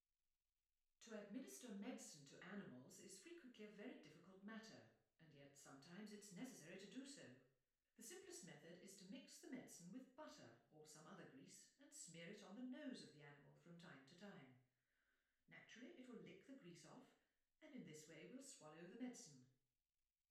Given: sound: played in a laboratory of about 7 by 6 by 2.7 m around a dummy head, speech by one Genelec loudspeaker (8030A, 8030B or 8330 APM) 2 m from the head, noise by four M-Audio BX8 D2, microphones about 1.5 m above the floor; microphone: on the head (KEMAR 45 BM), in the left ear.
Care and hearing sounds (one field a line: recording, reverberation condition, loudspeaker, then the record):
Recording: female speech in English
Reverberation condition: medium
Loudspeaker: 150 degrees to the right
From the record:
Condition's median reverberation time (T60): about 510 ms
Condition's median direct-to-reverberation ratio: about -0.5 dB